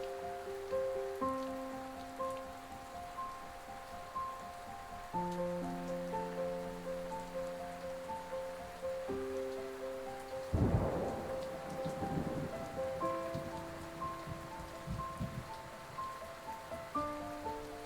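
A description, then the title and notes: Soft piano notes ring over steady rain, with a rolling thunder rumble breaking in around the middle before fading back into the downpour. 528Hz Thunder & Rain Sounds Magical Piano Music Solfeggio Miracle Tone.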